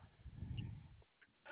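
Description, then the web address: Koala call: a low, rumbling snore-like growl for most of a second, then quieter. Recorded on 25 February 2021 at 7:44 PM. "Koala CS HMCrecordings 2 25 2021 by ztoney 7 44 55 PM"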